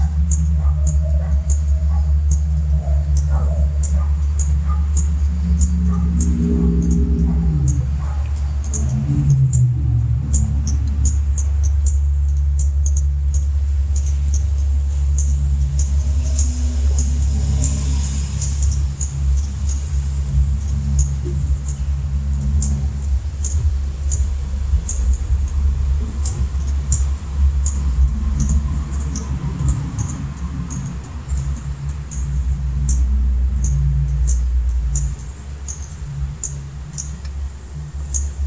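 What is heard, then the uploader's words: Juncos cheep while foraging, giving short, high, thin chirps that repeat steadily through the whole stretch, sometimes in quick clusters. A constant low rumble sits underneath, with a few murmuring sounds early on and around the thirty-second mark; the rumble eases near the end. A chorus of junko cheeps foraging in our back yard.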